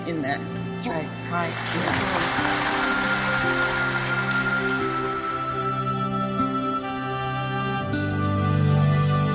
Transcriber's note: applause